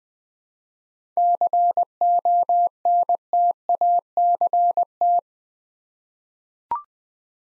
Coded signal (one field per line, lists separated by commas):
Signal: Morse code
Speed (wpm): 20 wpm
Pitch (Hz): 700 Hz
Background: none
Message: CONTACT